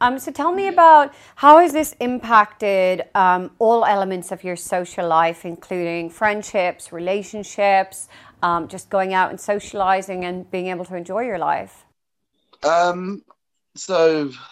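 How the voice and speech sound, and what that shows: A woman asks a fluent, clearly voiced question at an even pace; ordinary speech with no disorder.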